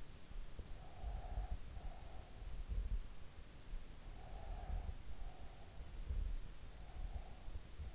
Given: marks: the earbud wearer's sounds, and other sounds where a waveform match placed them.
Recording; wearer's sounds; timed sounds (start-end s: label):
sounds in sleep by an in-ear microphone; breath, talking in sleep
0.80-2.53 s: breath
4.03-5.90 s: breath
6.71-7.95 s: talking in sleep